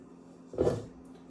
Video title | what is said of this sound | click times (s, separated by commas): My first use of the Cooks table top stand mixer | and it just locks in place. It's not a hard lock, but it's there. It's not going anywhere. | 0.6 s